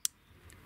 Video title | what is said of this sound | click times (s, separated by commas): Кистедержатели для томатов- зачем они нужны и чем полезны. | щелчок и зафиксировали давайте | 0.0 s